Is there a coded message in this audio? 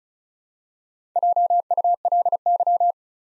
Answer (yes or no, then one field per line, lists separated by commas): yes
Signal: Morse code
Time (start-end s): 1.2-2.9 s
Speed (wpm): 36 wpm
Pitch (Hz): 700 Hz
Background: none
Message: JULY